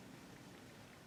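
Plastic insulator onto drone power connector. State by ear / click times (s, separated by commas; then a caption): not seated / none. A plastic insulator is being slid onto a connector or terminal on a drone power lead, heard only as a steady, even broadband hiss with no distinct clicks or sharp sounds. Nothing has seated or clicked into place yet.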